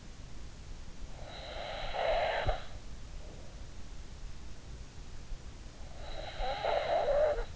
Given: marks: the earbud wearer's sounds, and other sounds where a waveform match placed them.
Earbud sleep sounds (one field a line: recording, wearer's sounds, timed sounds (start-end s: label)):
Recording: sounds in sleep by an in-ear microphone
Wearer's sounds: snoring breath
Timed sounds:
1.16-2.74 s: snoring breath
6.01-7.56 s: snoring breath